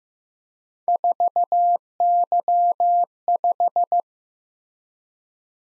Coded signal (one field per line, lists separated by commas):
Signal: Morse code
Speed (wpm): 15 wpm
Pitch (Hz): 700 Hz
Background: none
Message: 4Y5